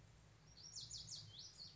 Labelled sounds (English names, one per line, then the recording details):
Lazuli Bunting
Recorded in Sonoma County, California